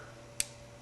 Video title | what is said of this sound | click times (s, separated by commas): NSK Emax Electric Engraver - Power Carving System | we turn it all the way to the left till you hear it click we Slide the Burr out with our fingers | 0.4 s